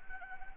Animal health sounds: mosquito wingbeat signal from an infrared sensor; Anopheles gambiae

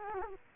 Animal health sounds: mosquito wingbeat signal from an infrared sensor; Culex quinquefasciatus

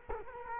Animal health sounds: mosquito wingbeat signal from an infrared sensor; Culex quinquefasciatus

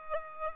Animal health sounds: mosquito wingbeat signal from an infrared sensor; Aedes albopictus

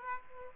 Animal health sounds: mosquito wingbeat signal from an infrared sensor; Aedes aegypti

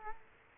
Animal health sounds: mosquito wingbeat signal from an infrared sensor; Culex quinquefasciatus

